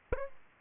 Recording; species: mosquito wingbeat signal from an infrared sensor; Aedes aegypti